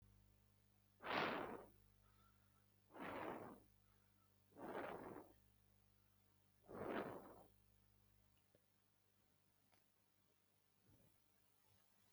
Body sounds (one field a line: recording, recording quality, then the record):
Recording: shallow breathing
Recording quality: excellent, no background noise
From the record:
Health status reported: exposed to COVID-19, no respiratory illness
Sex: male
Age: 22 years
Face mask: not worn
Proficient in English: yes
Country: India